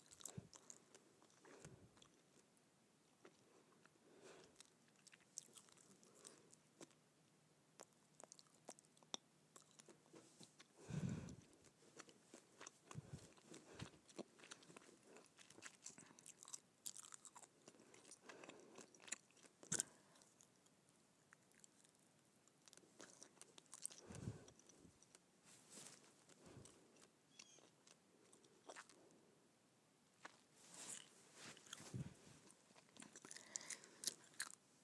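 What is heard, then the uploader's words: Gum chewing with wet, sticky clicks and smacks repeating irregularly throughout, fairly dense and quiet. Louder snaps stand out around 11, 20, 24 and 32 seconds, and a faint low hum runs briefly between about 6 and 10 seconds. ASMR Gum Chewing.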